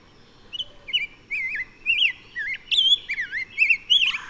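Bird song with wavering, warbled whistles, short looping notes following one another quickly, ending in a harsher sweeping burst.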